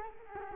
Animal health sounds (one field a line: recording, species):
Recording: mosquito wingbeat signal from an infrared sensor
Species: Culex quinquefasciatus